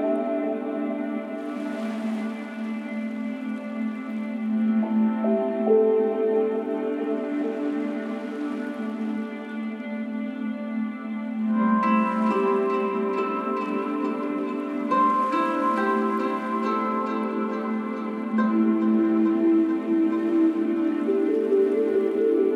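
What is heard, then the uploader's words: Soft, slow beach-themed ambient music built from layered, sustained tones that hold steady while a few higher notes shift every few seconds. Airy washes of hiss swell in and fade, around 2, 8, 12 and 15 seconds, like waves, over a steady low hum. Sleep Sounds: Softly Sleeping on a Far East Beach.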